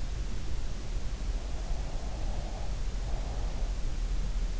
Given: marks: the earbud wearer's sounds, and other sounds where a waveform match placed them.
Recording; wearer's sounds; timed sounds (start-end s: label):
sounds in sleep by an in-ear microphone; breath
1.61-4.05 s: breath